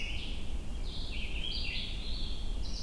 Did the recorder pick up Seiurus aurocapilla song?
no